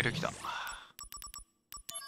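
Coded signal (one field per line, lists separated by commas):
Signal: none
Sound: a game's notification chime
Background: speech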